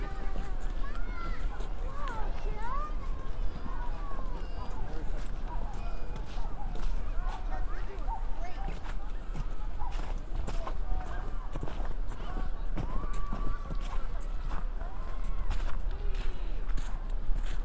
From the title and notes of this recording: A binaural field recording of walking in Central Park after a snow storm. Once I enter the park there are horses, families playing, people talking and eventually me walking in Strawberry Fields covered in 8 inches of snow. It was a windy day, so there is some wind noise.